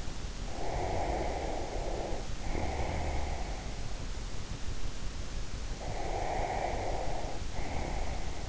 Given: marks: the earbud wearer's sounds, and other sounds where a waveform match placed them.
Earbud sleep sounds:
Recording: sounds in sleep by an in-ear microphone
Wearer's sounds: snoring breath, breath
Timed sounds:
0.62-3.42 s: snoring breath
5.52-8.48 s: breath

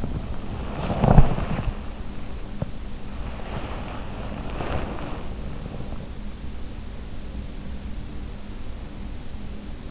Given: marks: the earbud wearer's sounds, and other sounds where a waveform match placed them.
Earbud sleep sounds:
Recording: sounds in sleep by an in-ear microphone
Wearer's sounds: body movement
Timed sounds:
0.00-5.81 s: body movement

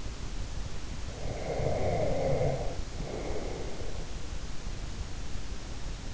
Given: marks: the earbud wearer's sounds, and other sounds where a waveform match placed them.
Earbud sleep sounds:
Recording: sounds in sleep by an in-ear microphone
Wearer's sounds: snoring breath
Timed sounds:
1.13-4.06 s: snoring breath

